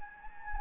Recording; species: mosquito wingbeat signal from an infrared sensor; Anopheles gambiae